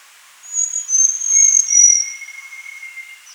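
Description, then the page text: Small niltava singing a single high, thin whistled phrase of drawn-out sliding notes, with a soft, lower sustained whistle starting beneath it and running on after it. "Small Niltava Song Sound Effect. Quick Sounds"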